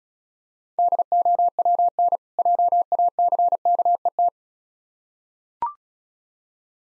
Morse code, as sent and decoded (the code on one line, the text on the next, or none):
-.. --- .-- -. / .--- .- -.-. -.- . -
DOWN JACKET